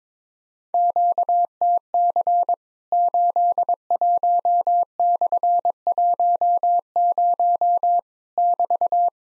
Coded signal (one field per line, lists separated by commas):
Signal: Morse code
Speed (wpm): 22 wpm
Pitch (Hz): 700 Hz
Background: none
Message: QTC 81/10 <BT>